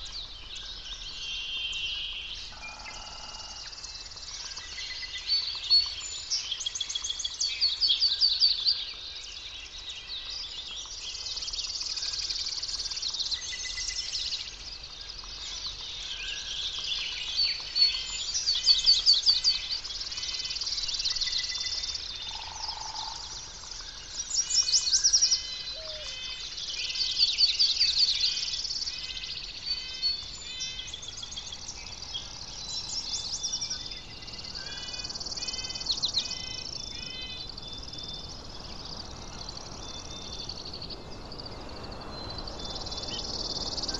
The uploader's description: the music of the Earth